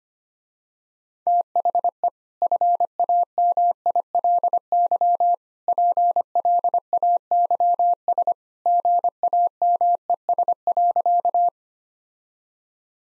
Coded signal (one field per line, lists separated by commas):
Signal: Morse code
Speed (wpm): 25 wpm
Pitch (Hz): 700 Hz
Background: none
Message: THE FAMILY PLAYS GAMES.